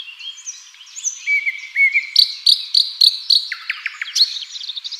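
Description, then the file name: Common nightingale singing varied whistled phrases that lead into loud, evenly repeated notes and then a quick series of further notes. "Luscinia megarhynchos"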